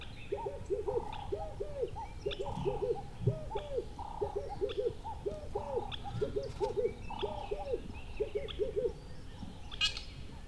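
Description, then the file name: Birds calling: rhythmic low hooting notes in paired bursts, mixed with short mid-pitched tones and a few sharp high chirps near the end. "country birds call"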